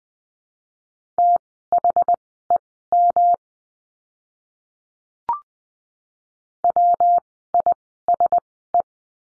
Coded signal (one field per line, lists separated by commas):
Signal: Morse code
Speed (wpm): 20 wpm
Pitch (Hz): 700 Hz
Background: none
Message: THEM WISE